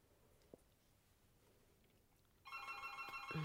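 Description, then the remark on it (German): A quiet stretch with a single soft click, then a telephone bell suddenly starts ringing, a loud, steady, high metallic trill that continues to the end. “Will ich mal jemand ans Telefon gehen?”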